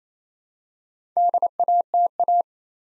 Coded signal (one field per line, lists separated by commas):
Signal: Morse code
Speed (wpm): 28 wpm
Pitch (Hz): 700 Hz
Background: none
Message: DATA